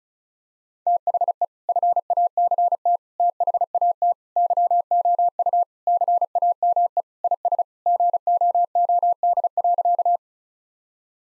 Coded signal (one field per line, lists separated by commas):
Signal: Morse code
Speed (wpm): 36 wpm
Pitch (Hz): 700 Hz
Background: none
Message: THE FACT THAT YOU CAME IS GOOD.